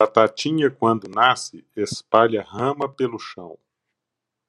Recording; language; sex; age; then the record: short text; Brazilian Portuguese; male; 60 to 69 years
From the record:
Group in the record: control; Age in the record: 65 years